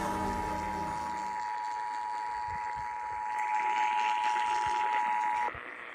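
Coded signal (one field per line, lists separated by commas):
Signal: Emergency Alert System (SAME) tones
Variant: 853 and 960 Hz attention tone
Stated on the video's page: Real EAS tests received from broadcast stations.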